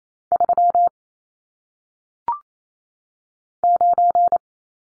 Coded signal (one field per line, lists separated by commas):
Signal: Morse code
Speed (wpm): 28 wpm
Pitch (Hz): 700 Hz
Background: none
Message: 3 9